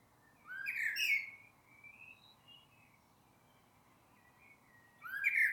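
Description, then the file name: Common blackbird song, a mellow fluted phrase with a scratchy high flourish, followed by soft warbles and another phrase starting at the end. "Turdus merula"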